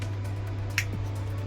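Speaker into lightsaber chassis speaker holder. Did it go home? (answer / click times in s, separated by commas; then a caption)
yes / 0.8 s. A small speaker, set at an angle into the speaker holder of a printed or cast lightsaber chassis, is pushed in at its edges until it pops into place. A single sharp, bright click at 0.8 s stands out over a steady low hum. The speaker is seated in position.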